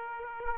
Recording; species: mosquito wingbeat signal from an infrared sensor; Aedes aegypti